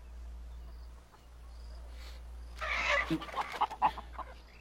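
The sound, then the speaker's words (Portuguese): Chickens cluck in a short, busy burst of sharp, irregular notes partway through, over a steady low hum and faint background hiss; no one speaks. “Galinhas.”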